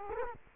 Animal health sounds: mosquito wingbeat signal from an infrared sensor; Culex quinquefasciatus

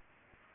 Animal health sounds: mosquito wingbeat signal from an infrared sensor; Aedes aegypti

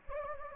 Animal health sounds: mosquito wingbeat signal from an infrared sensor; Anopheles gambiae

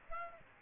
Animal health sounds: mosquito wingbeat signal from an infrared sensor; Aedes aegypti

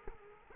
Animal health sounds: mosquito wingbeat signal from an infrared sensor; Culex quinquefasciatus

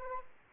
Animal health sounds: mosquito wingbeat signal from an infrared sensor; Anopheles arabiensis

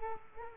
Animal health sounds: mosquito wingbeat signal from an infrared sensor; Culex quinquefasciatus

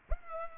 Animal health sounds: mosquito wingbeat signal from an infrared sensor; Culex pipiens

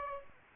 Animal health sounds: mosquito wingbeat signal from an infrared sensor; Aedes aegypti

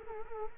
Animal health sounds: mosquito wingbeat signal from an infrared sensor; Culex quinquefasciatus

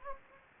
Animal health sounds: mosquito wingbeat signal from an infrared sensor; Anopheles gambiae

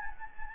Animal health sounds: mosquito wingbeat signal from an infrared sensor; Anopheles gambiae

